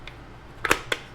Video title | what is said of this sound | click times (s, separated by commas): Dewalt DCH133 Hammer Drill Features and Tutorial | and just push in until you hear a click | 0.6 s, 0.7 s